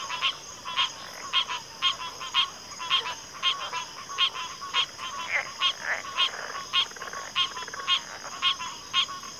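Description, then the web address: Crickets in chorus, a steady high shrill drone throughout, overlaid by loud pulsed rasping calls repeating almost twice a second. Cricket chorus recorded at a backwater. "Natures Songs Sleep Sounds of Nature CRICKETS Backwater Chorus"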